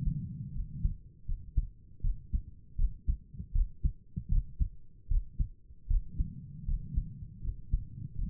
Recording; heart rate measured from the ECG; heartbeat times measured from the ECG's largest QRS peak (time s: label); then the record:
heart sounds by stethoscope; 79 bpm
0.53 s: heartbeat
1.26 s: heartbeat
2.02 s: heartbeat
2.77 s: heartbeat
3.53 s: heartbeat
4.30 s: heartbeat
5.09 s: heartbeat
5.88 s: heartbeat
6.66 s: heartbeat
7.42 s: heartbeat
8.16 s: heartbeat
From the record:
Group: healthy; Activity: rest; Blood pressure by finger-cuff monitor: 96/65 mmHg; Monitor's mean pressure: 73 mmHg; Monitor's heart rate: 78 bpm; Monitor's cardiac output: 5.7 L/min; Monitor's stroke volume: 74 mL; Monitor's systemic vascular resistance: 890 dyn s/cm5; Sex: female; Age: 22 years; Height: 163 cm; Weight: 67.1 kg